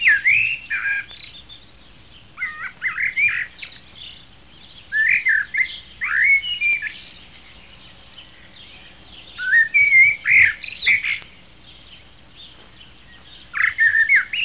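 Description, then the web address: Sparrows chirping in bursts of quick, sharp, high chirps and twitters, with short quiet gaps between the busy flurries. "Animals Sparrows"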